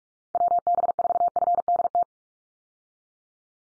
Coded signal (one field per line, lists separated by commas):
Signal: Morse code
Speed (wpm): 44 wpm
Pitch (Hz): 700 Hz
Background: none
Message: WB4FDT